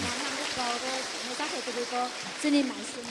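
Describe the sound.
An audience at a Buddhist gathering in Vietnam with a Korean Buddhist delegation applauds in welcome, a steady, dense patter of clapping that lasts the whole moment, while voices speak over the noise and one swells a bit louder near the end.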